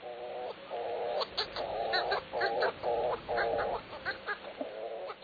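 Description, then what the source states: Hawaiian petrel calls: nasal, banded notes in a steady run of about two per second, with brief higher clicks between them over quiet background hiss. At night at the mountaintop nest burrow on Haleakala volcano, Maui, where an adult returns from a foraging flight at sea to feed its single chick, hatched in July.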